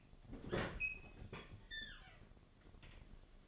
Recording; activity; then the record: daily activity, microphone in the room; open fridge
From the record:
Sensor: 4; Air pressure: 1005.5 hPa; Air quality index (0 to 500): 174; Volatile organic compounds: 5 ppm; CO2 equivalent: 1718 ppm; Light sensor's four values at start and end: 6/12/5/4 and 5/11/4/4